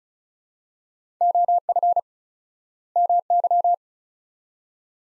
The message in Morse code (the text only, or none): OF MY